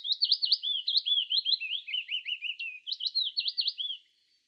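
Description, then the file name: Willow warbler song: a continuous run of quick, rolling whistled notes over about four seconds, dipping slightly midway and lifting again near the end, with no other sounds. "peter boesman. fitis zang"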